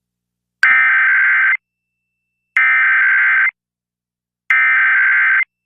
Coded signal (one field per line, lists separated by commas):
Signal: Emergency Alert System (SAME) tones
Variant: header bursts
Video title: Washington D.C. EAS: Required Monthly Test (11/22/23)